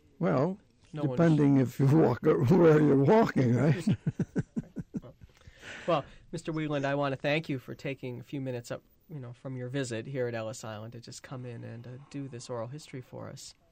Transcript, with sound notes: Well, depending if you walk, where you're walking, right? ( he laughs )
Well, Mr. Wieland, I want to thank you for taking a few minutes, you know, from your visit here at Ellis Island to just come in and do this oral history for us.